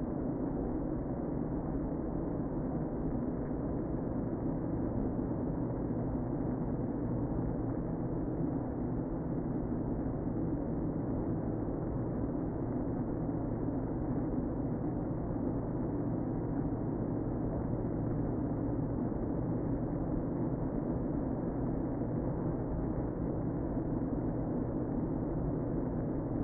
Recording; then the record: honeybee colony, microphone inside the hive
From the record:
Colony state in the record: queen present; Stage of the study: before two queens were removed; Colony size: about 60,000 bees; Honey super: yes